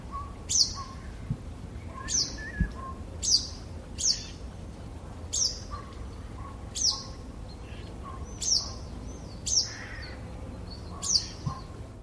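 White wagtail calling with sharp, high, falling chips at irregular intervals of about one to two seconds, with soft lower notes and a low constant hum.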